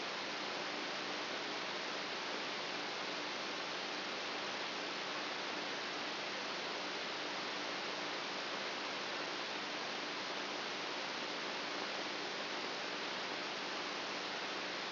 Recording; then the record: brain microelectrode recording played as sound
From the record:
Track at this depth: outside the subthalamic nucleus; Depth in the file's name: 8.1 mm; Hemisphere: right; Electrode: 2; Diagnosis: Parkinson's disease